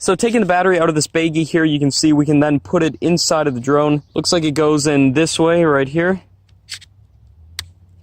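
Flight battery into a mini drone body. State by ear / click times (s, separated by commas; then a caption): seated / 7.6 s. Someone talks while taking a flight battery out of a baggie and sliding it into the rear bay of a small plastic DJI Tello mini drone. After the talking stops, a few faint handling ticks are heard, then a sharp click at 7.6 s as the battery snaps into place and is seated.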